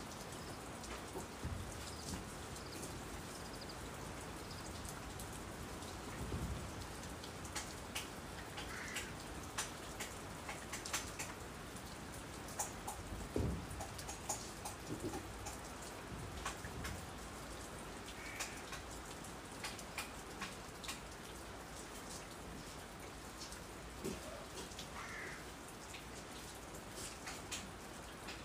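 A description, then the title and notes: Rain falls steadily under the eaves, a dense, even hiss that holds at one level throughout. Frequent sharp drips and taps land on top of it, scattered irregularly, with a few heavier splashes around 6, 13 and 15 seconds. Raining under the eaves.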